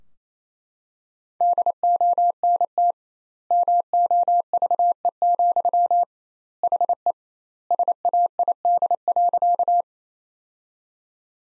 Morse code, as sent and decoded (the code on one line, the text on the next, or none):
-.. --- -. - / -- --- ...- . --..-- / .... . / ... .- .. -.. .-.-.-
DONT MOVE, HE SAID.